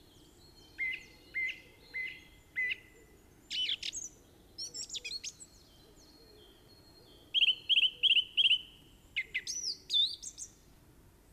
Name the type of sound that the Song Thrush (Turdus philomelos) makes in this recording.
song